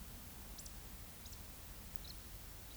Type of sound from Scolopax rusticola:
whistle